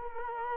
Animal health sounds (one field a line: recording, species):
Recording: mosquito wingbeat signal from an infrared sensor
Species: Culex quinquefasciatus